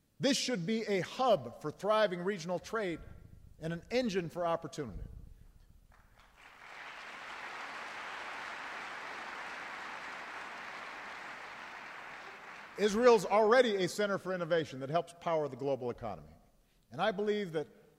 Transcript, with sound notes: This should be a hub for thriving regional trade, and an engine for opportunity. (Applause.) Israel is already a center for innovation that helps power the global economy. And I believe that